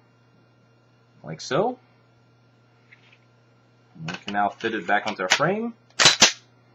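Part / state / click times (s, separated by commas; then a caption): pistol slide onto pistol frame / not seated / none. A Glock 19 Generation 3 slide assembly, with the barrel and recoil spring in place, is handled to be fitted back onto the polymer pistol frame while someone talks, with a faint short tick near 2.9 s between the spoken phrases. The clip ends before the slide goes home, and nothing has seated or clicked yet.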